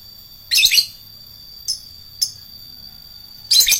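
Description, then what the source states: Lovebird chatter: a harsh high burst, two thin sharp chips, then another raspy burst at the end. Adult lovebird kept as a fighter bird.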